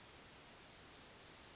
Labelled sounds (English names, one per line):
Brown Creeper